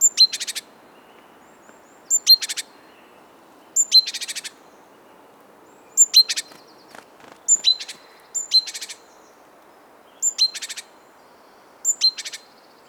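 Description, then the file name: Great tit calls, short high notes each followed by a harsh buzzy churring burst, repeated several times over a low steady background hum. "Parus major"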